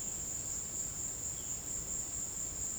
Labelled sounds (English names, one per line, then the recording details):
none
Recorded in secondary vegetation near Puerto Asís, Putumayo, Colombia, on 20 December 2024 at 16:30
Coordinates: 0.489, -76.322
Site G059